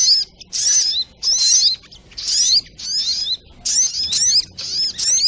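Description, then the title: Little spiderhunter song: high, squeaky phrases with quick down-slurred notes, given in bursts with short pauses between them. Masteran (Indonesian songbird training recording), labelled with the variant name Labaik. "Masteran Burung Sogok Ontong Labaik"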